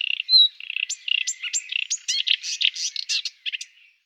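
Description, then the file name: Marsh warbler song, rapid and varied, with scratchy notes, a bright whistle and quick chattering phrases that fade at the end. "Sumpfrohrsaenger"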